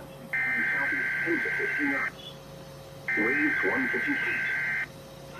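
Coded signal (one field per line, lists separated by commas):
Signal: Emergency Alert System (SAME) tones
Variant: header bursts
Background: speech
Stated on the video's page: Required Weekly Test received on NOAA Weather Radio and an Amazon Echo.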